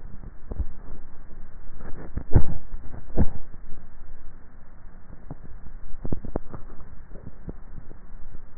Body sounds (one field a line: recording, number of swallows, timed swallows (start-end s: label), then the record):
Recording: swallowing sounds by neck microphone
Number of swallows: 2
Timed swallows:
0.56-0.96 s: swallow
6.76-7.19 s: swallow
From the record:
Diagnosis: dysphagia